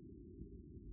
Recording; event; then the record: neck accelerometer signal played as sound; no cough (speech, laughter, throat clearing or background)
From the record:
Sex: female